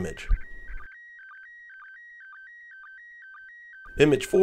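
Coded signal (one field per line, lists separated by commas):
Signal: SSTV (slow-scan television)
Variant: PD 120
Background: speech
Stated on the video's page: SSTV images transmitted from the International Space Station, received at a home station in Arizona.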